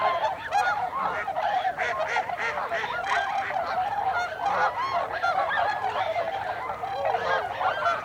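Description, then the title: Tundra swans calling as a flock, a dense continuous chorus of overlapping hooting and yelping notes with no pauses. Recorded 26 December 2020. "2020 12 26 Tundra Swans"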